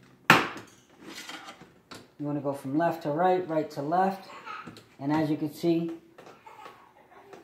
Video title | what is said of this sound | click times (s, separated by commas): RSX 02-06 cluster and radio removal DIY | hear those clips snap out of place you | 0.3 s